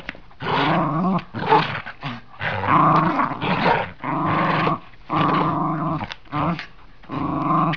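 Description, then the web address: Dog growling in rough, rumbling bursts separated by short pauses. Dogs playing tug of war. "heartland meadows. dogs"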